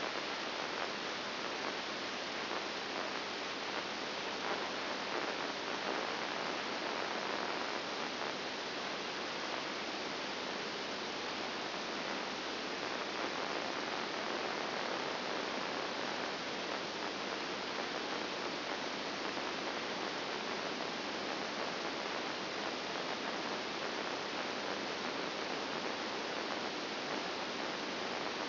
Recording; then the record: brain microelectrode recording played as sound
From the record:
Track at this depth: inside the subthalamic nucleus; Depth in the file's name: 5.701 mm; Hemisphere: left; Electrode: 2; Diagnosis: Parkinson's disease